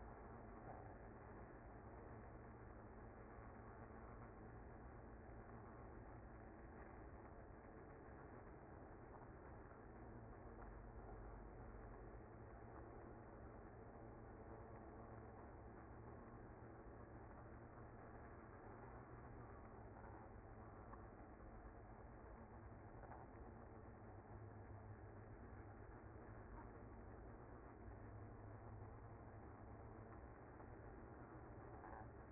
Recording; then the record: honeybee colony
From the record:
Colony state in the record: active